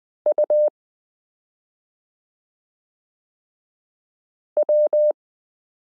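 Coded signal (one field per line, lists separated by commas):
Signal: Morse code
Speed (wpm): 20 wpm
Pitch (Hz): 600 Hz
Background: none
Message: UW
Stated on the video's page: Koch-method listening lesson 15 introducing the letter e, drilling characters s u a p t l o w i period n j e.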